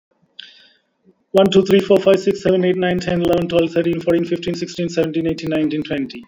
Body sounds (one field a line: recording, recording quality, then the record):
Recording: counting at a fast pace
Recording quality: excellent, no background noise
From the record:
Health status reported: COVID-19 positive, mild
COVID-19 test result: positive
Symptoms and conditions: fatigue, loss of smell and taste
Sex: male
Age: 35 years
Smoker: not ticked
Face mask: worn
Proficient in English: yes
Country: India